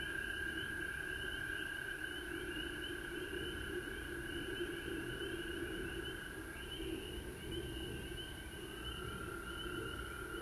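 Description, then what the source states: Frog chorus: steady high trill and scattered rising peeps over a lower droning hum. Recorded at home in Georgia on March 19, 2020.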